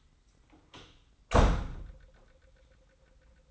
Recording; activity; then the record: daily activity, microphone in the room; close door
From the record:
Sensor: 3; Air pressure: 990.4 hPa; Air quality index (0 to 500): 175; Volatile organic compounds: 1000 ppm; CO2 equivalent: 5663 ppm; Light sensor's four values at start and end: 48/114/46/44 and 48/114/47/44